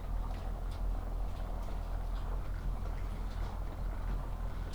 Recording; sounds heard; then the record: poultry house recording; sick chickens (respiratory disease)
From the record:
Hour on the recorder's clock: 8